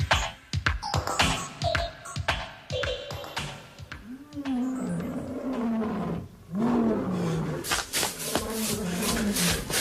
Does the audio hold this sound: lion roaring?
yes